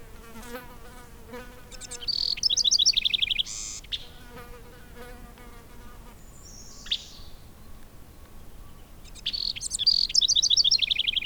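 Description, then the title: Bird song: two trilled phrases of rapid high notes, the first with a buzzy ending. Soft, lower repeated tones run underneath early on, and a single descending call sounds midway. "neoscenes: birds"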